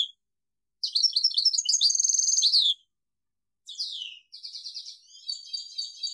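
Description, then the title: European goldfinch song, a brief call, then a two-second run of fast liquid twittering, a pause, and softer buzzy chattering phrases afterward. "Chant Chardonneret"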